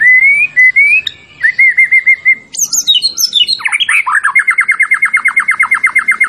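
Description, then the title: White-rumped shama sings clear whistled notes, a descending high flourish, then a long steady series of rapid repeated chirps. Champion white-rumped shama; recording used for training songbirds (masteran). "Masteran Murai Batu Juara"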